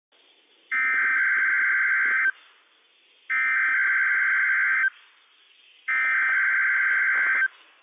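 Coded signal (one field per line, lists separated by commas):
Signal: Emergency Alert System (SAME) tones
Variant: header bursts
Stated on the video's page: Required Weekly Test from NOAA weather radio WWF56, issued by the National Weather Service in Pendleton, Oregon, for Washington counties.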